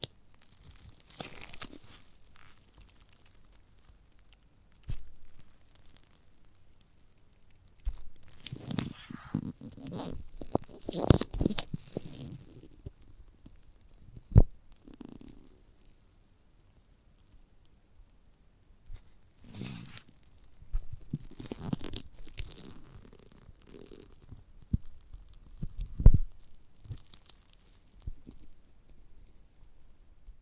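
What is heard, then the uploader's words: Someone eats a giant gummy bear, with bursts of squishy, sticky chewing and tearing around 1, 8 to 12, 20 to 23 and 25 to 27 seconds. Quiet gaps separate the bursts, broken by a few sharp clicks and crunches near 5, 14 and 26 seconds. ASMR of a Giant Gummy Bear (No Talking).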